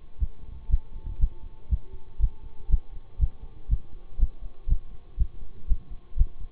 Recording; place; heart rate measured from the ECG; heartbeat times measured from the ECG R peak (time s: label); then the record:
heart sounds by stethoscope; between the tricuspid and mitral areas; 120 bpm
0.19 s: heartbeat
0.69 s: heartbeat
1.19 s: heartbeat
1.69 s: heartbeat
2.19 s: heartbeat
2.69 s: heartbeat
3.19 s: heartbeat
3.69 s: heartbeat
4.18 s: heartbeat
4.68 s: heartbeat
5.17 s: heartbeat
5.67 s: heartbeat
6.17 s: heartbeat
From the record:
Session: bicycle stress test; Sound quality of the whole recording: good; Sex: male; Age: 26 years